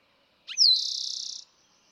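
Eastern towhee song: short low notes, then a bright downward slur running into a rapid steady trill.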